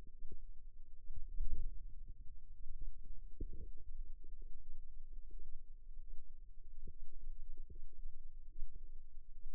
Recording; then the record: forearm muscle sounds (acoustic myography)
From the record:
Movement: wrist flexion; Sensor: system 2, bracelet of six BSWA MPA416 microphones around the upper forearm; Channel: 5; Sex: female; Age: 22 years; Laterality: right